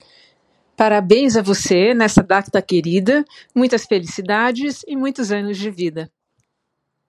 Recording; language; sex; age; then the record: short text; Brazilian Portuguese; female; 50 to 59 years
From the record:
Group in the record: control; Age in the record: 53 years